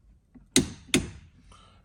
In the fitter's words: do until you hear that click